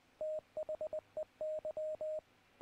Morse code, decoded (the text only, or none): THEY